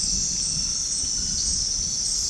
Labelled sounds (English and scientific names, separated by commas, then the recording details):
none
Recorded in secondary vegetation near Puerto Asís, Putumayo, Colombia, on 13 March 2025 at 22:00
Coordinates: 0.502, -76.326
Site G100